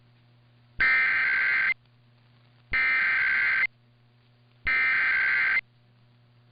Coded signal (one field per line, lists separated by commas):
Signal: Emergency Alert System (SAME) tones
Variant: header bursts